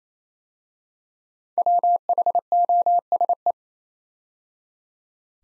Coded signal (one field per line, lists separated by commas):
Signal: Morse code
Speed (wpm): 27 wpm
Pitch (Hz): 700 Hz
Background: none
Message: WHOSE